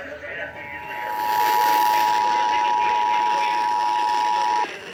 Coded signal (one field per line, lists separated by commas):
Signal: Emergency Alert System (SAME) tones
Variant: 853 and 960 Hz attention tone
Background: speech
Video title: EAS/NWR Alert or message #802-803: Child Abduction Emergency/AMBER Alert for Ohio #4